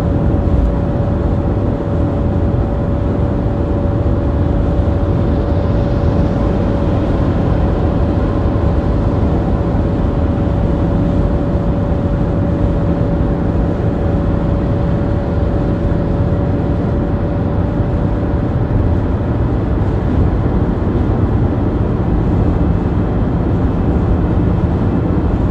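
Steady highway driving noise, a dense low rumble with no breaks, carrying a soft constant hum that holds one pitch throughout.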